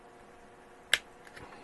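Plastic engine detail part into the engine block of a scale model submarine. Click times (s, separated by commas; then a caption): 0.9 s. A plastic engine detail part with two tabs is pushed into its slots in the engine block of a scale model submarine. A single sharp snap sounds at 0.9 s, followed by a few faint ticks. The part snaps into place and is seated.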